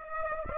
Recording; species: mosquito wingbeat signal from an infrared sensor; Aedes aegypti